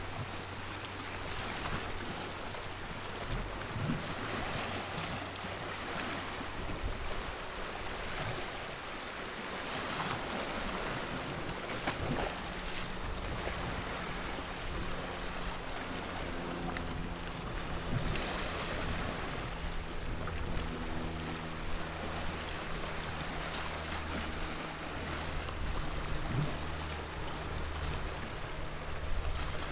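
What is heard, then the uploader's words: Water sloshes and crashes against pier pilings in a steady, dense wash of rushing noise with no quiet gaps. A low, droning engine hum runs underneath throughout, shifting slightly in pitch as if from a boat, while faint splashes break through now and then. Fort Mason Waves. The mesmerizing sounds of the water crashing against the piers at Fort Mason in San Francisco, California.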